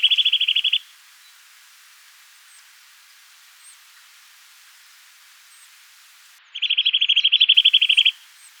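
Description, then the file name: Eurasian nuthatch giving a fast, even trill of sharp high notes, heard once at the start and again near the end. "Sitta europaea"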